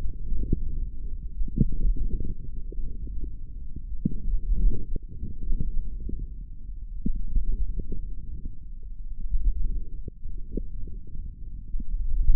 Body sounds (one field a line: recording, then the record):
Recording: forearm muscle sounds (acoustic myography)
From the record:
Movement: wrist flexion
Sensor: system 1, eight BSWA MPA416 microphones around the upper forearm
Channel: 5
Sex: male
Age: 18 years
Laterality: right